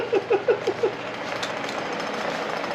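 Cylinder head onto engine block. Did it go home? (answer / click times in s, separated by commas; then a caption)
no / none. A hot cylinder head is being fitted onto a 5.3 LS Gen 3 Chevy engine block, giving five quick knocks in the first second, followed by a steady low background noise. The cylinder head has not seated and nothing has clicked into place yet.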